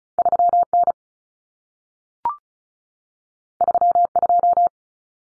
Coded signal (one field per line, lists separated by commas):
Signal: Morse code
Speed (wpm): 36 wpm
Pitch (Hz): 700 Hz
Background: none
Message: 3N 32